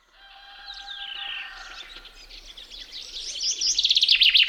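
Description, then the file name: Common chaffinch trill swelling loudly at the end, preceded by softer notes and a faint steady tone. "metsvint"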